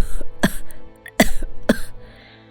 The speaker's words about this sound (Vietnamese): Mẹ làm sao thế? Mẹ ho hả?